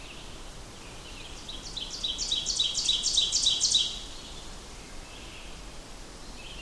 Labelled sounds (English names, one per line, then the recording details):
Ovenbird song
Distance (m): 20 m
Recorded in boreal forest in Alberta, Canada, on 14 June 2016 at 07:42
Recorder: SongMeter 3, array SBT-3-33
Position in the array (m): 276 m, 267 m
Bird 22